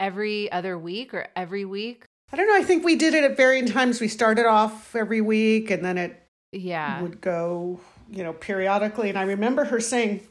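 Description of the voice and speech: A woman speaks fluently in a quiet room, with a clear, steady voice and ordinary conversational pauses.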